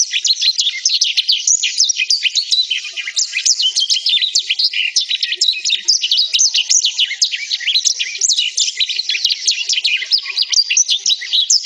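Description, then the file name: Black-throated canary song, an unbroken rapid chatter of varied high notes and short trills that keeps going from start to finish. "suara burung blackthroat"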